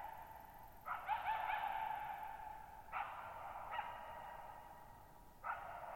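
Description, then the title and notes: Coyote giving several sharp barks, each followed by a long echoing tail, over six seconds. Lone wild coyote calling at night, July 14, 2019, in high mountain meadows at 1950 m, Okanogan National Forest, Pacific Northwest; very quiet, strongly reverberant bowl-shaped meadow over boggy ground. "Lone Coyote at Thirtymile Meadows. I spent the night of July 14, 2019, camped near Thirtymile Meadows in the Okanogan National Forest at 6400 ft (1950 m)"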